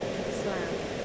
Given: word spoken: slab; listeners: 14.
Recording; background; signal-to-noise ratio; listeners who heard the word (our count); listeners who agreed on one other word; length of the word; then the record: one English word in noise, from a listening test; speech-shaped noise; -6.1 dB; 0 of 14; 14 of 14; 0.65 s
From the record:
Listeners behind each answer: 14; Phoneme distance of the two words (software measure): 10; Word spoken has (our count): 1 syllable, 4 phonemes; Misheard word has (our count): 1 syllable, 4 phonemes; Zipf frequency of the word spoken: 3.39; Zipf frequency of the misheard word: 4.04